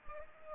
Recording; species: mosquito wingbeat signal from an infrared sensor; Culex pipiens